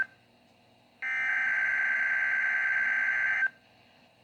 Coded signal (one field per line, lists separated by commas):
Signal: Emergency Alert System (SAME) tones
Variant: header bursts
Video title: THE TEST BEFORE THANKSGIVING (EAS #035)